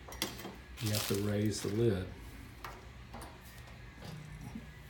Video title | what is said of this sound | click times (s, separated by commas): Washing machine lid switch replacement | a little clip here that snaps in place before you go snap into place you | 0.2 s